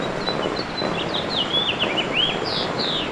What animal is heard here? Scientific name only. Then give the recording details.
Haemorhous mexicanus. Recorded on Long Island, New York, on 8 May 2012. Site VS. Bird B